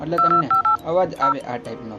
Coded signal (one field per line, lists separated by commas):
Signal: DTMF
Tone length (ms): 110 ms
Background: speech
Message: 2258 0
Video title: Dial Pad Sound on/off/vibrate |Dial Pad Sound Effects |Dial Pad Sound on/off kevi rite krvo?|ગુજરાતી